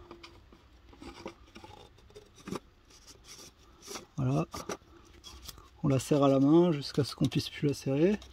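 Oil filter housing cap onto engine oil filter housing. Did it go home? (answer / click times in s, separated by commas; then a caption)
no / none. On a Dodge Nitro 2.8 CRD, the plastic oil filter housing cap is set back onto the engine's oil filter housing over a newly fitted filter element and lined up by hand before being screwed down. Soft rubbing and scraping are heard along with a few small sharp ticks, and then someone talks about hand-tightening it until it will not turn further. Nothing has seated or clicked yet.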